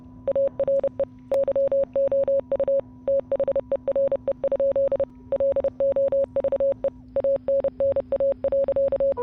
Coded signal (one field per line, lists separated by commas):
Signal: Morse code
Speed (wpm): 30 wpm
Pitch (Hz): 550 Hz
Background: none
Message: ARE YOU THERE? LOVE ANNA.